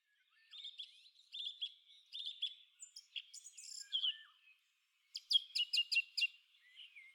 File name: song thrush